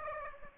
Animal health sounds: mosquito wingbeat signal from an infrared sensor; Aedes aegypti

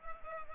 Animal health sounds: mosquito wingbeat signal from an infrared sensor; Culex pipiens

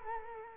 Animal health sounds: mosquito wingbeat signal from an infrared sensor; Culex quinquefasciatus

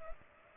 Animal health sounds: mosquito wingbeat signal from an infrared sensor; Culex pipiens

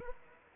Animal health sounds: mosquito wingbeat signal from an infrared sensor; Aedes aegypti

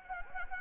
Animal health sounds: mosquito wingbeat signal from an infrared sensor; Anopheles gambiae

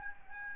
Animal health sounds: mosquito wingbeat signal from an infrared sensor; Aedes albopictus

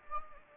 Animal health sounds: mosquito wingbeat signal from an infrared sensor; Anopheles gambiae

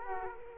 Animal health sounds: mosquito wingbeat signal from an infrared sensor; Culex quinquefasciatus

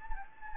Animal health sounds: mosquito wingbeat signal from an infrared sensor; Anopheles gambiae

